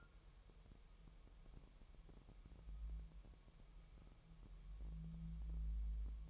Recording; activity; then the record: daily activity, microphone in the room; wipe stove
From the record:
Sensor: 1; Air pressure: 1001.1 hPa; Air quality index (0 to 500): 249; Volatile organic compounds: 150 ppm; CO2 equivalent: 4021 ppm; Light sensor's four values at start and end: 13/31/13/14 and 13/31/13/14